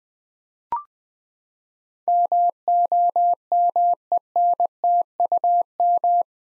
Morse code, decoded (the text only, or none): MOMENTUM